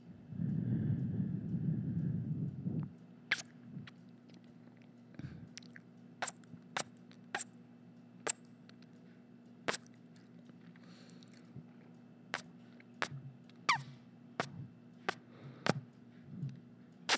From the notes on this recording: All the mouth sounds! From kisses to smacking to actual eating